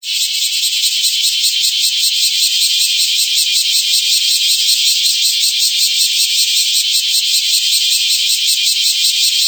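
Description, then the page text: Bear cicada singing, a dense shrill drone pulsing rhythmically about two to three times per second, holding constant intensity throughout, nothing else audible. "クマゼミ(蝉）の鳴き声-sound-HIRingtone"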